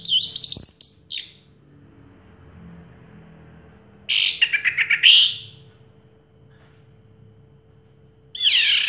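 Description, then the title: Orange-headed thrush song: a burst of high chattering notes, then a sharp rapid phrase ending in a drawn-out whistle, and another burst at the end. Song used as a lure to prompt a stalled, silent orange-headed thrush to start singing. "Anis Merah Macet.. Pancing Dengan Suara Ini.."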